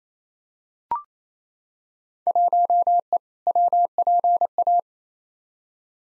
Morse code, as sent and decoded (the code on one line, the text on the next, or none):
.---- . / .-- .--. .-
1E WPA